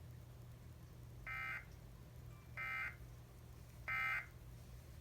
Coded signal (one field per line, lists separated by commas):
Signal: Emergency Alert System (SAME) tones